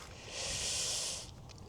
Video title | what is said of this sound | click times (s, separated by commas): Award Winning Site - Late Autumn Caravan Getaway. | If we can get it to go in. Yeah, there you go. I heard I heard it click. | 1.5 s, 1.6 s